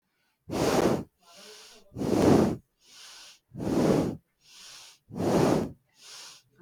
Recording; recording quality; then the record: shallow breathing; excellent, no background noise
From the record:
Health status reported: healthy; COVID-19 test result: not tested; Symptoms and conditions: none ticked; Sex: female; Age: 20 years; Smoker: not ticked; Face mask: not worn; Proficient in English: yes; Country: India